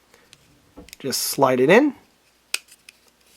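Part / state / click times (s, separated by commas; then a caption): printed cover plate latching onto a scale model gun water jacket / seated / 2.5 s. A 3D-printed plastic cover plate for a 1/6 scale machine-gun water jacket is slid in until its rear latches lock, with faint small handling ticks at first while someone talks. A sharp, bright snap at 2.5 s marks the plate seating in place, followed by a couple of softer ticks.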